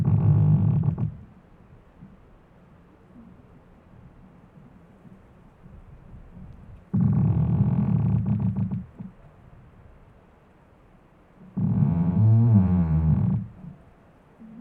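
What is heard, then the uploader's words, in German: A tree creaks and squeaks in three drawn-out groans: one at the very start, another around seven seconds in, and a last one near twelve seconds whose low, wavering pitch bends up and down. Between them only a faint, quiet hiss remains. Ein Ohr an einem quietschenden Baum.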